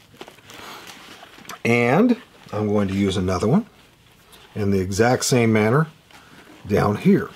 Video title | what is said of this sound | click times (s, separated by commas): The Mystery Ranch Thor III Modifications | slide that in until it clicks | 1.5 s